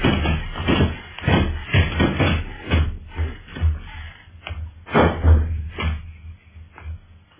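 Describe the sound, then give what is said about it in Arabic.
A door to a suite is battered and broken down on command: a rapid, irregular series of loud, heavy thuds and cracking blows, with rattling and scuffling between the strikes and no voices. “يكسر هذا الباب. هذا جناح مهير الملعونة اللي فرحت بأن تكون رهينة لدى النعمان.”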